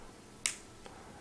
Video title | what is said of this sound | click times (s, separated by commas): DJI SPARK Fly More Combo Review - Part 1 - [Unboxing, Inspection, Updating, Mavic Comparison] | hear that little click and that's on so | 0.5 s